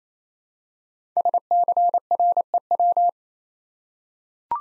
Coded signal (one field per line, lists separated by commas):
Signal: Morse code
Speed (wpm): 27 wpm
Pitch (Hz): 700 Hz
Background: none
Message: SCREW